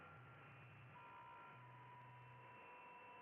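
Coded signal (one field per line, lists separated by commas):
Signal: PSK63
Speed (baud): 62.5 baud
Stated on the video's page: RSGB 3.5 MHz Club Championship data contest operating, streamed live.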